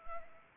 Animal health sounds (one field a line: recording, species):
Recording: mosquito wingbeat signal from an infrared sensor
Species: Anopheles arabiensis